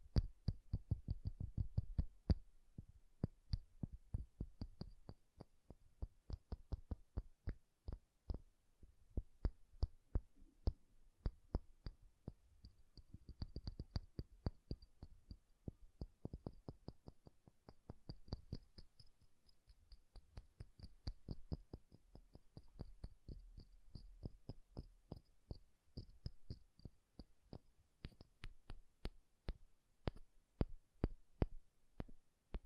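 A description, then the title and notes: Soft, bassy tapping repeats throughout, the taps landing quickly and fairly regularly, several per second, each a short dull thump. A faint thin high whine runs steadily behind them, and the taps swell slightly louder in patches near the start and middle. ASMR Bassy and Soft Tapping Sounds.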